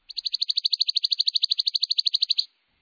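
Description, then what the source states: Chipping Sparrow song: a dry, rapid trill of many identical high chips, evenly spaced and steady in pitch, lasting over two seconds. Young male on its first breeding season after returning north, settled near an older male, nearly matching the older neighbor's song note for note.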